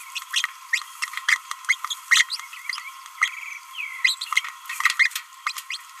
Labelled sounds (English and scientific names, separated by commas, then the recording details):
Green-rumped Parrotlet (Forpus passerinus) babbling
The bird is a female
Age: 26 days
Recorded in a nest box in Venezuela
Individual 17B31A3